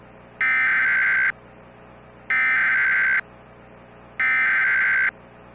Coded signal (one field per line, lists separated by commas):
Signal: Emergency Alert System (SAME) tones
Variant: header bursts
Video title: EAS Scenario: Power Plant Disaster